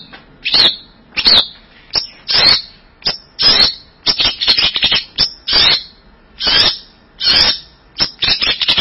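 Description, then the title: Bird song, high chattering notes in irregular bursts, with some buzzy phrases. "burung online"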